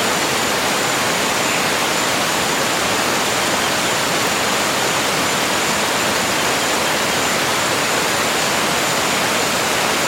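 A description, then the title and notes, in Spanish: A tropical forest waterfall roars steadily, a dense, unbroken wash of falling water that fills everything from the low rumble to the bright hiss. The sound stays constant throughout, with no pauses or distinct events, and a faint thin high tone runs beneath. Cascada del Bosque Tropical | Sonidos de Sueño de las Montañas Cardamomo de Tailandia.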